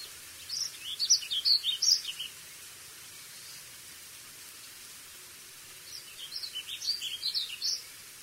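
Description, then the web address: Warbling vireo song: two rapid, rambling warbled phrases of high twittering notes, each lasting about two seconds, separated by a pause. Western USA songbird. "Songs of Birds of North America Western USA Songbirds. Warbling Vireo"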